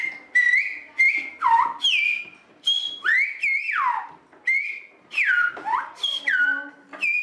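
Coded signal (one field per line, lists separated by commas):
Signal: whistled language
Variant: Silbo Gomero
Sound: a series of gliding, rising and falling whistled phrases, speech-like in rhythm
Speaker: For example, when a man comes from the field and whistles to his wife because he wants to know what time it is and whether the food is ready. Such everyday situations. (whistles different sounds)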